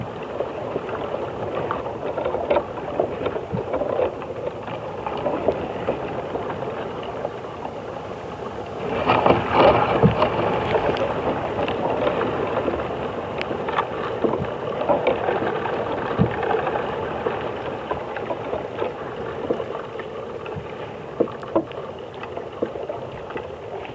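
Field recording at Badbury Rings, Dorset: a steady, dense murmur of wind-like rushing with scattered clicks, swelling louder around nine to ten seconds.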